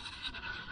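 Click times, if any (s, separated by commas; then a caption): none. A headlight bulb is handled at the headlight housing of a Mercedes E350 car, being worked into position with soft scraping and rustling over a steady low background. Nothing has seated or clicked yet.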